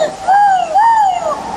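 A lynx calls twice, each a drawn-out, tonal yowl that rises and then sags in pitch, mid-high and fairly loud, with a short pause between the two cries and no talking.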